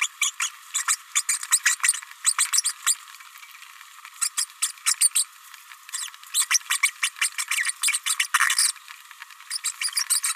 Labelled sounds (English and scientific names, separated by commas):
Green-rumped Parrotlet (Forpus passerinus) babbling